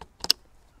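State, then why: Seated. A camera's quick-release plate is pushed into the clamp on top of a tripod head and locks into place. A faint tap at the start leads to two sharp, bright clicks at 0.2 and 0.3 seconds, the second the loudest, followed by quiet. The plate is seated in the clamp.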